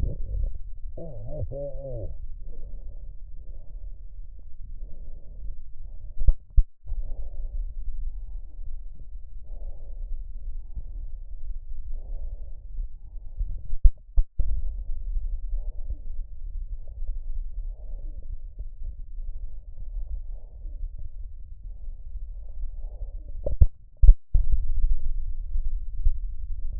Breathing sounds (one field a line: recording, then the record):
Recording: lung sounds by stethoscope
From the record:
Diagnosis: emphysema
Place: left posterior upper chest